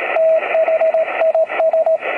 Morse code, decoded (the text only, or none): THIS